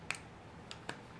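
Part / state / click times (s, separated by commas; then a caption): plastic model kit part into leg assembly / seated / 0.1 s. A plastic part is pressed onto the leg assembly of an HGUC Psycho Gundam model kit to complete the standing leg. A sharp snap at 0.1 s marks the part seating into place, followed by two fainter ticks around 0.7 s and 0.9 s.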